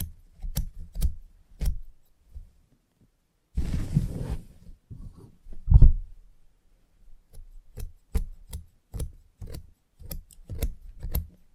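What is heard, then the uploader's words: Scissors snip in quick, irregular bursts of crisp clicks, broken around four seconds by a dense hissy rush, then snipping resumes steadily. Salon Haircut Head Massage, Scissors and Clipper.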